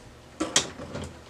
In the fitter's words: once you hear it click you know it's in place go ahead and lock it and